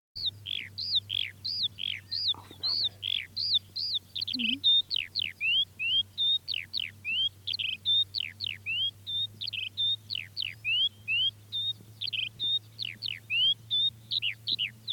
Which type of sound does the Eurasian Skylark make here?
song